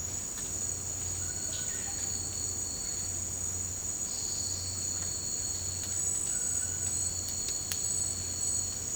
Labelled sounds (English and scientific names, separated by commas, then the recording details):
none
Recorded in dense forest near Puerto Asís, Putumayo, Colombia, on 24 March 2025 at 07:30
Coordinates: 0.485, -76.318
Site G056